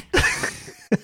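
A single sharp, noisy adult cough bursts out and fades over about a third of a second, followed by a brief, softer second burst near the end, in a quiet indoor room.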